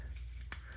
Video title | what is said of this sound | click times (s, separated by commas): Whirlpool Washer - Clutch Troubleshooting and Replacement | That just snaps right in. | 0.5 s